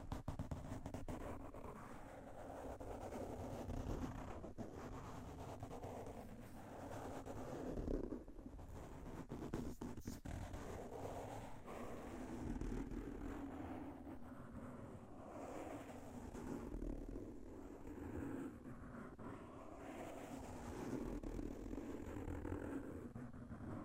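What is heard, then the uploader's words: Microphone scratching and rubbing, a dense, constant rumble that stays low and muffled for the whole stretch. Short scraping clicks and crackles cut through now and then, clustered near the start and again around eight to ten seconds, with a windy hiss underneath. IRL Mic Scratching [M4A] [ASMR].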